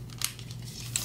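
A plastic side-view mirror on a double hinge is pulled out from under the car of a Transformers Masterpiece MP-18S Silverstreak transforming toy into its deployed position. Faint handling rustles sit over a steady low hum, with sharp, bright plastic snaps at 0.2 s and 1.0 s. The mirror snaps into place.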